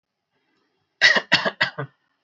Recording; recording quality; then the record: shallow voluntary cough; excellent, no background noise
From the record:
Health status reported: healthy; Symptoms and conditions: none ticked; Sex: male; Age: 36 years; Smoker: not ticked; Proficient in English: yes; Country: India